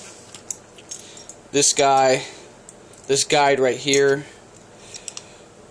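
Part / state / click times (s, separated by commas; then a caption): angle guide onto knife sharpening block/rod holder / seated / 5.1 s. Someone talks while the angle guide of a knife sharpening kit is pushed onto its sharpening block and rod holder. A few short, sharp clicks follow near the end, and the guide snaps into place at 5.1 s, seated.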